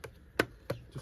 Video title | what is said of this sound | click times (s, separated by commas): VXR & Cars: How to change an air filter & spark plugs | clicks in place like so. | 0.4 s